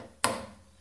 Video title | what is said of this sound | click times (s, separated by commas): How To Install a Kitchen Soap Dispenser - Ruvati RVA1020ST | just like so and now that it is snapped in there it is set to | 0.2 s